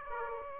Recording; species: mosquito wingbeat signal from an infrared sensor; Aedes aegypti